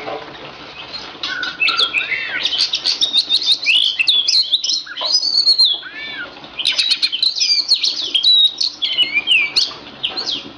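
An oriental magpie-robin of the kacer poci type sings a loud, varied song of rapid whistles, sweeping trills and sharp chirps, delivered in dense bursts with a brief pause midway and no talking.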